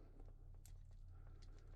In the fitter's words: Did you hear it snap? Yeah,